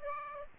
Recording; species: mosquito wingbeat signal from an infrared sensor; Aedes aegypti